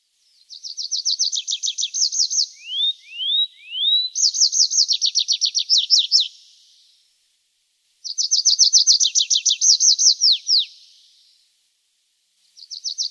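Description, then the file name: Tree pipit song: bright rapid trills of repeated notes, broken by a few drawn-out descending notes, with phrases separated by short pauses. "Konek lesnoj"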